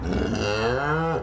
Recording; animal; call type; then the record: contact call of a hoofed animal; cattle; low-frequency (closed-mouth) or high-frequency (open-mouth) call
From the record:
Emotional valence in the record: negative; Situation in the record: full separation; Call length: 1.23 s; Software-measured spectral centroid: 1790 Hz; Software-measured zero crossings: 1720 a second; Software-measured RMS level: -24 dBFS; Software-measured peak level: -11 dBFS